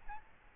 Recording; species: mosquito wingbeat signal from an infrared sensor; Aedes albopictus